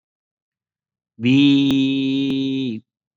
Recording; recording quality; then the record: sustained vowel as in beet; excellent, no background noise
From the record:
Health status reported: COVID-19 positive, mild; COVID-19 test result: positive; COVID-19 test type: RT-PCR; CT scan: not taken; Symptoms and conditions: cold, sore throat, muscle pain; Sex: male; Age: 30 years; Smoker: yes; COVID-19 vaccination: both doses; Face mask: worn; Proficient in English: yes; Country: India